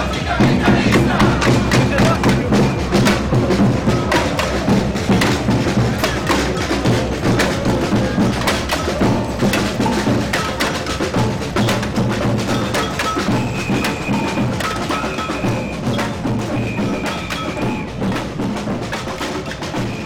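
A lively anti-G8/G20 street parade in Belleville, with dense, steady noise throughout and rapid drum-like thumps and clatter. Low sustained tones run underneath, and from about 13 seconds short high whistle-like notes repeat every couple of seconds, with voices mixed in.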